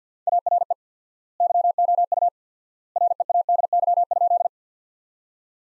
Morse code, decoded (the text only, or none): ARE YOU READY?